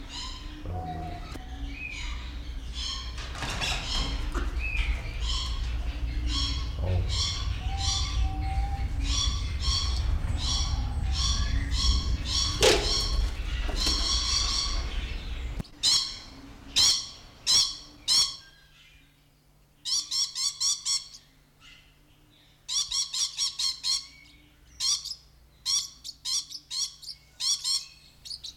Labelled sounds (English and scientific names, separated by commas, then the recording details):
Mexican Parrotlet (Forpus cyanopygius) call
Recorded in captivity
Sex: pair
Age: adult
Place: Zoo Berlin, Berlin, DE
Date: 1993-04-02
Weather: sonnig, -1 bis + 5 °C
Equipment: Marantz CP 430, Sennheiser ME 80, Kopie Uher Variocord 263
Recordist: Tembrock, Günter